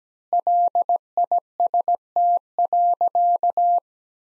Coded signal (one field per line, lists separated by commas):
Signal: Morse code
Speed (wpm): 17 wpm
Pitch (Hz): 700 Hz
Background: none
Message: LIST.